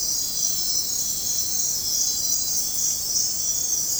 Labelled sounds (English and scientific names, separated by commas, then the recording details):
none
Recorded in dense forest near Puerto Asís, Putumayo, Colombia, on 21 February 2024 at 03:30
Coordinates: 0.503, -76.322
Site G6418